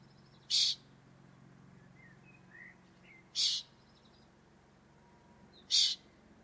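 Bird calls as three brief, noisy, high hissing bursts spaced roughly every two and a half seconds, with faint softer chirps between them over a low background hum.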